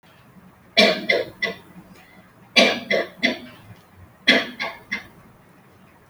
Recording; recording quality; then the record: shallow voluntary cough; excellent, no background noise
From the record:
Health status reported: healthy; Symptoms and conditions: none ticked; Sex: female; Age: 20 years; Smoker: not ticked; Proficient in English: yes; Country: India